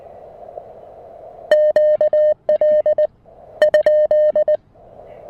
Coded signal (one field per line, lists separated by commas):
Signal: Morse code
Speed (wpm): 20 wpm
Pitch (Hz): 610 Hz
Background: none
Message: QL ?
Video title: A quick Emtech ZM-2 manual ATU tutorial and POTA activation with the Mountain Topper MTR-4B!